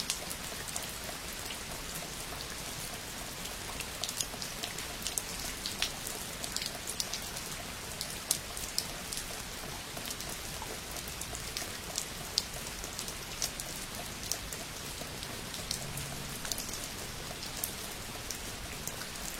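Water drips from the eaves in a light rain, a steady, dense patter of small drops landing. Sharp, bright ticks stand out every second or so over a soft, even hiss, and the sound stays level throughout.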